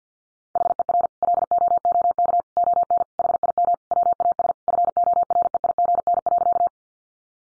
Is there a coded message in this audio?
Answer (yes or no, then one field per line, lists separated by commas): yes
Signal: Morse code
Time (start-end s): 0.6-6.7 s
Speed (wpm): 50 wpm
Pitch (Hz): 700 Hz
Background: none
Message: HER LOOK ON HIM WAS FOREIGN.